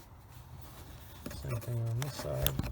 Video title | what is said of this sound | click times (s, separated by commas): How to Reset a Tesla Low Voltage Battery Alert | push it until it clicks | 1.3 s